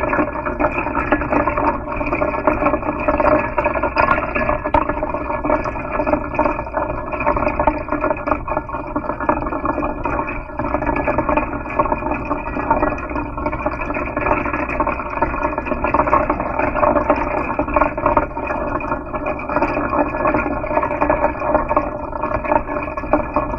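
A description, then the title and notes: Water runs steadily into a metal bowl, a dense, continuous churning that holds the same level for the whole stretch. The bowl adds a faint ringing hum under the splashing, and the sound stays mid-range, with almost nothing bright on top. Water in a Metal Bowl. Recorded by Dan Bodah with contact mics and a cassette recorder in the kitchen, Highland Avenue, Northampton MA, Winter 1997.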